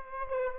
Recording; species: mosquito wingbeat signal from an infrared sensor; Aedes aegypti